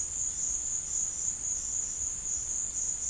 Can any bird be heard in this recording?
no